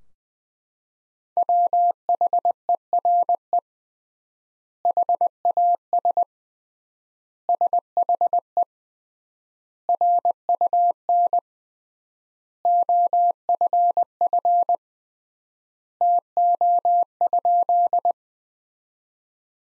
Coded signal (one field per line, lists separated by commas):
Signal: Morse code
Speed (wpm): 21 wpm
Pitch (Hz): 700 Hz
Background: none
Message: WHERE HAS SHE RUN OFF TO?